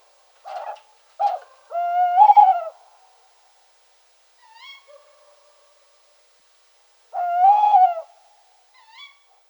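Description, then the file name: Tawny owl calls: a couple of short clipped notes lead into a long mellow hoot, then faint soft calls, then another long hoot near the end. "Strix aluco"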